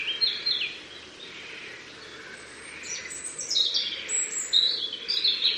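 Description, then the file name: Robin song in short high twittering phrases at the start and end, a quiet gap between, set against steady hissing background noise. "Erithacus rubecula"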